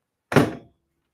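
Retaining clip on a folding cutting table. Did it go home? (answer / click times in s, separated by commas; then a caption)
yes / 0.4 s. The small retaining clip under a folding sewing/cutting table is snapped shut and clicks right into place at 0.4 s. A single loud, broadband thunk-like click rings briefly and fades out by about 0.7 s. The clip is seated and the table is held closed.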